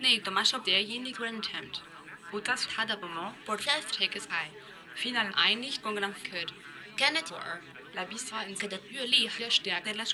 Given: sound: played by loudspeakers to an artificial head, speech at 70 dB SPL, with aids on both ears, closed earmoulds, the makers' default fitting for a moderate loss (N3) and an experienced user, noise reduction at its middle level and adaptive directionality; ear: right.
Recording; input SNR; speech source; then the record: speech test signal (ISTS) in cocktail-party noise; +6 dB; on the right (90 degrees)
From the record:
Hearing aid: class 1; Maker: E